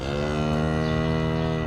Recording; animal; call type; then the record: contact call of a hoofed animal; cattle; low-frequency (closed-mouth) or high-frequency (open-mouth) call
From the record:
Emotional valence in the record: negative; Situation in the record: full separation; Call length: 1.66 s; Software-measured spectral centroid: 1610 Hz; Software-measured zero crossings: 1390 a second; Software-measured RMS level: -24 dBFS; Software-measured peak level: -11 dBFS